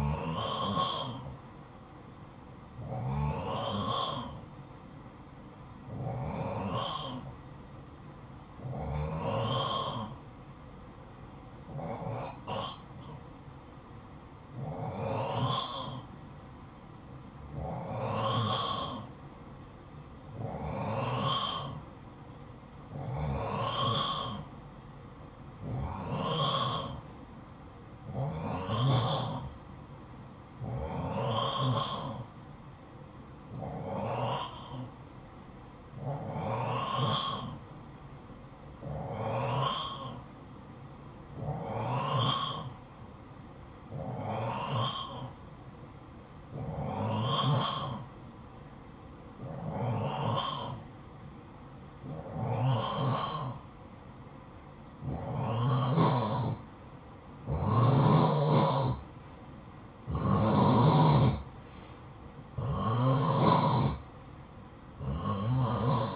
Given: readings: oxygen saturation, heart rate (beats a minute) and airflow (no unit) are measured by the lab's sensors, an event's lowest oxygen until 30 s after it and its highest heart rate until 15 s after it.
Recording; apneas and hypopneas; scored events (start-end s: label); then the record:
breathing in sleep by a smartphone at the bedside; 1
4.00-55.20 s: hypopnea (N1, oxygen 92% highest, then 88% lowest, heart rate 55 at the start, 60 highest)
From the record:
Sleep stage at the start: N1 (lightest sleep); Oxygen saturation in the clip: 88 to 92%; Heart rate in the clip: 53 to 60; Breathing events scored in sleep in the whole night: 573 in 9.8 hours asleep